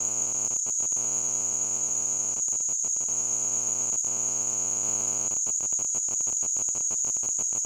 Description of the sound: Tinnitus.